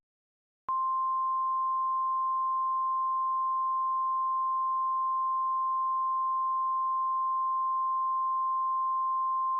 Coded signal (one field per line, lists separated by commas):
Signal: Emergency Alert System (SAME) tones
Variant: 853 and 960 Hz attention tone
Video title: EAS Classic: Jellyfish Attack EAS